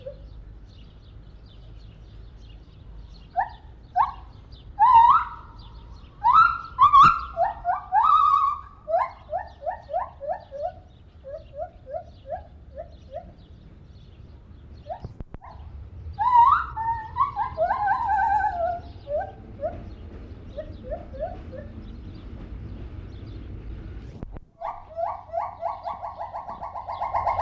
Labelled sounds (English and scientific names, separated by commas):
Silvery Javan Gibbon (Hylobates moloch)